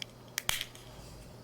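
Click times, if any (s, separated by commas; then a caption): 0.4 s, 0.5 s. After its top corner has been clicked in, the bottom of a $35 replacement plastic transitions lens is pushed into a Ray-Ban Meta smart-glasses frame, replacing original lenses that kept getting dirty. Two sharp, bright clicks ring out at 0.4 s and 0.5 s, followed by a softer tick and faint handling noise. The lens snaps in and is seated.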